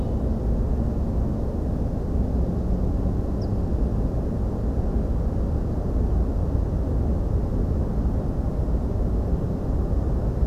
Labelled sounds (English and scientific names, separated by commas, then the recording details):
Ortolan Bunting (Emberiza hortulana)
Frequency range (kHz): Ortolan Bunting (Emberiza hortulana) 4.0-6.4 kHz
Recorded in France